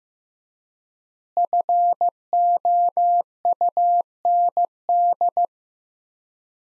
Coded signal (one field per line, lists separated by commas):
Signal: Morse code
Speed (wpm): 15 wpm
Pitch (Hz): 700 Hz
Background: none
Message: FOUND